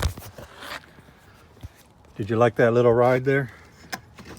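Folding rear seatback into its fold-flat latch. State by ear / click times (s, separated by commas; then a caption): not seated / none. In the cargo area of a 2020 Volkswagen Atlas SE with Tech SUV, a folding rear seatback is being handled toward its fold-flat latch, with a few faint knocks and rustles and someone talking in the middle of the clip. Nothing has seated or clicked into place yet.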